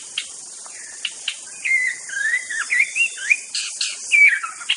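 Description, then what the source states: White-rumped shama song: a few soft clicks, then flowing whistled phrases with wavering, rising and falling notes, steady high hiss behind. Wild bird from the forest.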